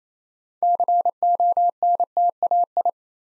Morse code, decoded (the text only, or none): CONTAI